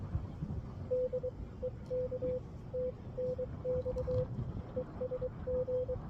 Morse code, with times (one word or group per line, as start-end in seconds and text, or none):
0.9-1.3 D
1.6-2.4 EK
2.7-2.9 T
3.2-4.2 NX
4.8-5.9 ESG